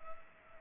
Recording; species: mosquito wingbeat signal from an infrared sensor; Culex pipiens